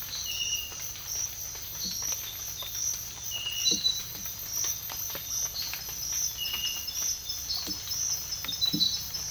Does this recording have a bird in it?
no